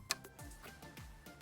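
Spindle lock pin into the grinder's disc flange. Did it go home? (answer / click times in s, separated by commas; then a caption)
yes / 0.1 s. With the spindle lock button held on a Parkside Performance 20V cordless angle grinder, the metal disc is turned by hand until the lock pin drops into the disc flange hole with a sharp click at 0.1 s. Softer scraping ticks and sweeps follow as the disc moves, around 0.3, 0.4, 0.8 and 1.0 s. The spindle lock is engaged, so the disc nut can be loosened.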